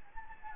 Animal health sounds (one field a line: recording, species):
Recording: mosquito wingbeat signal from an infrared sensor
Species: Anopheles gambiae